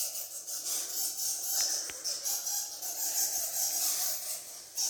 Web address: drorbn. 2021 05 22 Nahal Dolev and Mearat Ha Teomim Hike Twins Cave Bats